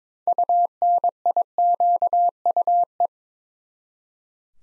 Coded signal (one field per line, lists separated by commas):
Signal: Morse code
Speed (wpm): 22 wpm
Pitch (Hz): 700 Hz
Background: none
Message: UNIQUE